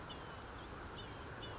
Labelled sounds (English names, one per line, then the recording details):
Blue-gray Gnatcatcher
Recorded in Sonoma County, California